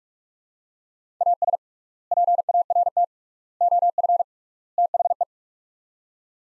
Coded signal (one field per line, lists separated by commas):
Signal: Morse code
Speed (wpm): 46 wpm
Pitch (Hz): 700 Hz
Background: none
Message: AS PART OF THE